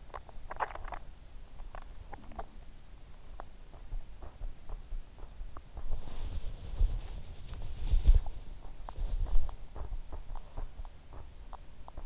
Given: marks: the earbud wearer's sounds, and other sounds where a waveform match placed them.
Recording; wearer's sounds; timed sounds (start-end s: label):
sounds in sleep by an in-ear microphone; swallowing, body movement
0.00-2.56 s: swallowing
2.05-2.36 s: sound from someone else or the room
4.10-12.06 s: body movement